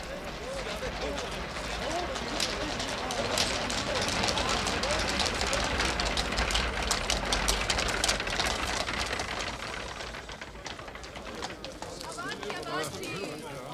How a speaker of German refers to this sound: Natascha war förmlich betäubt von den in ein gleichmäßiges Geräusch zusammenfließenden Stimmen, Schritten und Begrüßungen